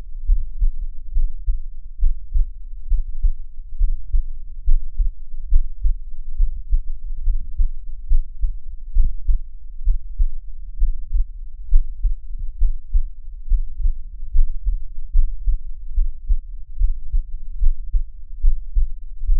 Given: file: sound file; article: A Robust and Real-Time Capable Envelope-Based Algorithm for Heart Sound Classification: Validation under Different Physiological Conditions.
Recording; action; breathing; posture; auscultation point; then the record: heart sounds by electronic stethoscope; rest; normal; lying on right side; Erb’s point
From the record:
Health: healthy, no known heart disease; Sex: male